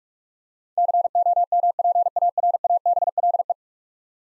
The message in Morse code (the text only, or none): COMPARABLE